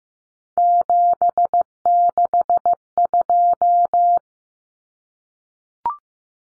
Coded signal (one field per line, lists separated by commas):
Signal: Morse code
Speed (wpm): 15 wpm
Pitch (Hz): 700 Hz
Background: none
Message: 762